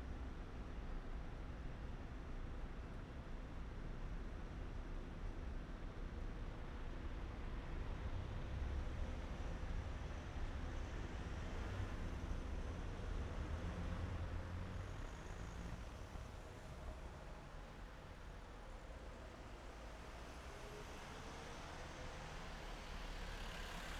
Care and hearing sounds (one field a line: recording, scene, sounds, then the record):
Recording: everyday scene through a hearing-aid microphone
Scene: in traffic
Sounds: traffic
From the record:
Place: main city hub, rush hour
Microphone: behind the ear, right, front